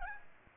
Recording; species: mosquito wingbeat signal from an infrared sensor; Aedes aegypti